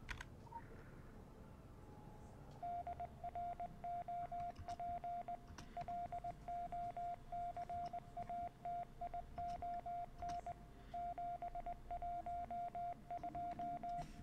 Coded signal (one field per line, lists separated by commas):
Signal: Morse code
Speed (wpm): 19 wpm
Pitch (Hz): 700 Hz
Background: radio noise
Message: DROP LOCATION 712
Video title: Rätsel: Der Morsecode - Secret World Legends #022 [DEUTSCH–GERMAN/HD/PC]